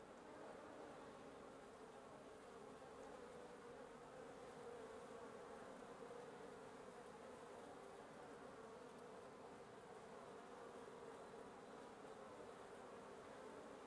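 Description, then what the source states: Many wasps buzz together in a constant, even drone that never pauses across the whole stretch. Wasp nest under the roof of the recordist's residence at 1a Avenida Norte 19, Antigua Guatemala, Guatemala; recorded in the morning; headphone listening recommended.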